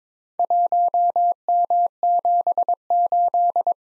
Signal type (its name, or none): Morse code